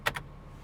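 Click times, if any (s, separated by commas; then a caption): 0.1 s, 0.2 s. A hinged plastic panel cover over the cassette deck in a BMW 5 Series wagon's dashboard is closed, giving a crisp click at 0.1 s and a softer second click at 0.2 s before quiet. The panel latches shut and is judged to open and close perfectly.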